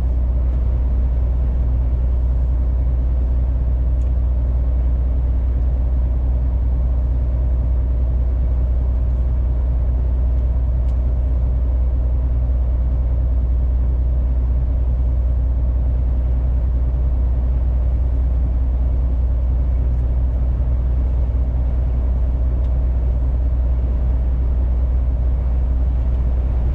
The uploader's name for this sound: truck driver sound